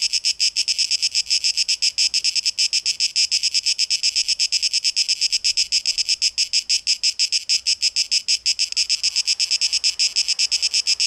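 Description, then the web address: Cicada song, a high, hissing buzz pulsing rapidly and evenly, several beats each second, running steadily without a break. Recorded 12 August 2023. "rauschpartikel 2023-08-12 Zikaden"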